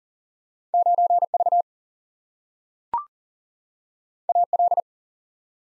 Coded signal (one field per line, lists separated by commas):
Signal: Morse code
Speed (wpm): 40 wpm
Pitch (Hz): 700 Hz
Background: none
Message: 9 V A L